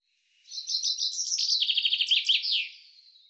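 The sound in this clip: Common chaffinch singing a single complete phrase, a bright rattling series of notes that drops in pitch and finishes with an emphatic terminal flourish.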